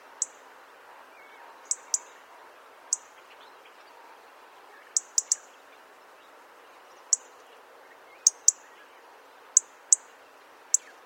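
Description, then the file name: European robin calls: brief, sharp high ticks, often paired, repeated irregularly about every second or two against faint hiss. "Erithacus rubecula"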